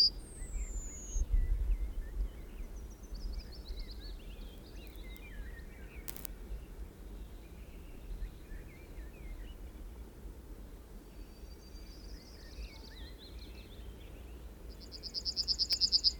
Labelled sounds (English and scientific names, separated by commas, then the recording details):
Yellowhammer (Emberiza citrinella) song
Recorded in the wild
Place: Mukran, Insel Rügen, Mecklenburg-Vorpommern, DE
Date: 1969-05-18
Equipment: NAGRA III BH, Sennheiser MD21 mit Reflektor (d=75 cm, Glasfiber) und Stativ
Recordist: Schubert, Michael
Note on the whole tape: Feuersteinfelder bei Mukran: Gesang einer Goldammer